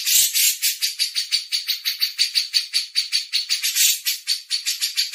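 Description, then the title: Grey-cheeked bulbul pouring out a continuous rasping chatter of rapid pulsing notes without a break. Masteran tutor used as training audio. "MASTERAN CUCAK JENGGOT"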